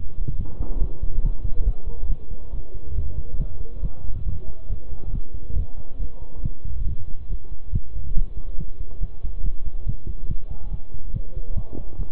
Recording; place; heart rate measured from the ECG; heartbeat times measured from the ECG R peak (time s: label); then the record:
heart sounds by stethoscope; between the tricuspid and mitral areas; 140 bpm
0.39 s: heartbeat
0.82 s: heartbeat
1.24 s: heartbeat
1.67 s: heartbeat
2.10 s: heartbeat
2.53 s: heartbeat
2.96 s: heartbeat
3.40 s: heartbeat
3.83 s: heartbeat
4.26 s: heartbeat
4.70 s: heartbeat
5.13 s: heartbeat
5.57 s: heartbeat
6.00 s: heartbeat
6.44 s: heartbeat
6.87 s: heartbeat
7.30 s: heartbeat
7.73 s: heartbeat
8.16 s: heartbeat
8.59 s: heartbeat
9.01 s: heartbeat
9.44 s: heartbeat
9.87 s: heartbeat
10.29 s: heartbeat
10.72 s: heartbeat
11.14 s: heartbeat
11.56 s: heartbeat
11.99 s: heartbeat
From the record:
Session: bicycle stress test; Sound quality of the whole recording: good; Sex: male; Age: 23 years